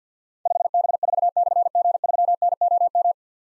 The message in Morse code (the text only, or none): 5B4/G3NOM